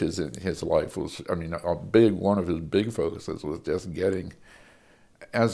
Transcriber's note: none